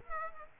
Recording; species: mosquito wingbeat signal from an infrared sensor; Aedes aegypti